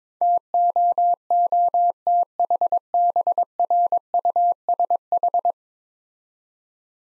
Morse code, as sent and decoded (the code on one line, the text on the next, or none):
- --- --- - .... -... .-. ..- ... ....
TOOTHBRUSH